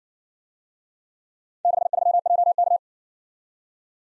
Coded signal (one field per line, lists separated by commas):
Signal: Morse code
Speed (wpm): 56 wpm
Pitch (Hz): 700 Hz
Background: none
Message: 63JK